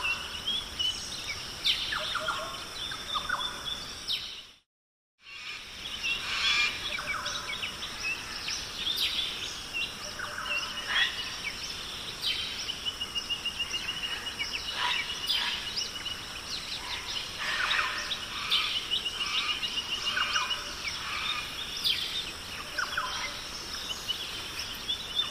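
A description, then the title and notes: A dense rainforest chorus of frogs and chirping calls overlaps without pause, with a steady high buzzing hum above it and a soft rushing wash of water underneath. Near the fifth second the sound cuts out completely for about a second before resuming. Sounds of the rainforest, frogs, and waterfalls.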